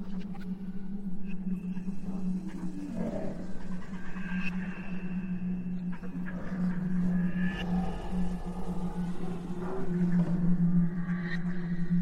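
Exoplanet ambience built on a steady, low droning hum that holds through the whole twelve seconds. Above it, slow whale-like wails and sliding tones rise and fall, with a deeper swell around three seconds and brighter cries near four, seven to eight, and eleven seconds.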